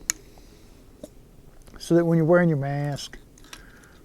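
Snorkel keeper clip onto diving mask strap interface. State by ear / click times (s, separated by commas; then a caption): seated / 0.1 s. A Cressi Supernova Dry snorkel's plastic keeper clip is pressed onto the matching attachment point on the strap of a Cressi F1 diving mask. It snaps into place with a sharp click at 0.1 s, followed by faint taps and someone talking. The clip is seated, chosen from the same brand so the interface fits.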